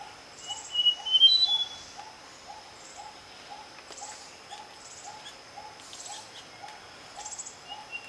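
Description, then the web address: White-tailed robin calls, a few thin high whistled notes near the start and again near the end, over a steady low note repeated about every third of a second and faint high chirps. "White tailed Robin Myiomela leucura. white tailed blue robin call"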